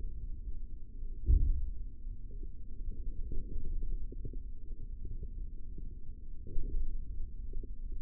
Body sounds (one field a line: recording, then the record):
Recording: forearm muscle sounds (acoustic myography)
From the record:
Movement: forearm supination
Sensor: system 3, bracelet of six PUI Audio POM-2738L microphones around the upper forearm, with dedicated amplification and filtering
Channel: 5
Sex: male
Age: 23 years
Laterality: right